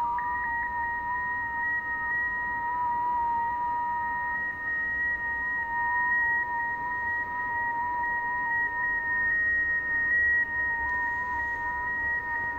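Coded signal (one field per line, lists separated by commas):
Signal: FT8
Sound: several steady, slightly warbling pure tones held together for about twelve seconds over hiss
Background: radio static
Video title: TY2CD, Benin AFRICA , 7MHz, FT8, Worked by HL2WA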